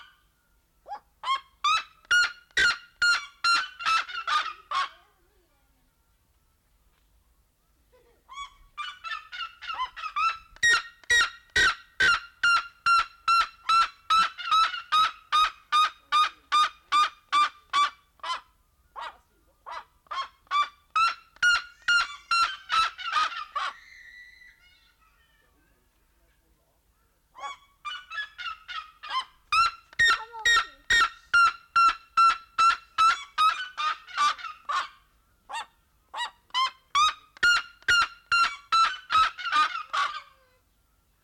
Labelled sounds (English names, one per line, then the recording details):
Black-legged Seriema call
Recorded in captivity
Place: Zoo Berlin, Berlin, DE
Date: 1992-08-01 11:55
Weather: sonnig, 24-26°C
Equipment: Marantz CP 430, Sennheiser ME 80, Kopie Tesla B 116
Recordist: Tembrock, Günter